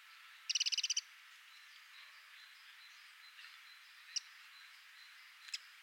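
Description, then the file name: Eurasian wren, a rapid burst of about eight sharp high ticking notes, then only faint scattered clicks over a hissy background. "Troglodytes troglodytes"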